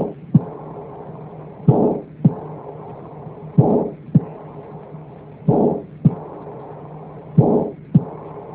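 Slow, regular adult heartbeat heard by stethoscope, near 32 a minute, with systolic and diastolic murmurs: each sharp heart sound is preceded by a short whooshing murmur.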